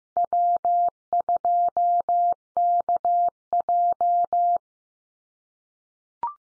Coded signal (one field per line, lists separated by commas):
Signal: Morse code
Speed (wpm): 15 wpm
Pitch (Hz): 700 Hz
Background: none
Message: W2KJ